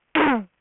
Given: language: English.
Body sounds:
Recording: throat vibration sensor signal played as sound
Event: throat clearing

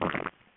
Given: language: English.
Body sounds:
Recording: throat vibration sensor signal played as sound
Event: swallow

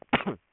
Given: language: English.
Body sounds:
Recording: throat vibration sensor signal played as sound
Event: cough

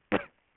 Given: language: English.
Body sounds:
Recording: throat vibration sensor signal played as sound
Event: cough

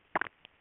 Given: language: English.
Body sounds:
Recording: throat vibration sensor signal played as sound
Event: swallow

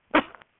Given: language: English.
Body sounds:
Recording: throat vibration sensor signal played as sound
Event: cough

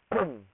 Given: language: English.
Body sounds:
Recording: throat vibration sensor signal played as sound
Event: throat clearing

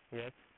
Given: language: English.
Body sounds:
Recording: throat vibration sensor signal played as sound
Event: speech

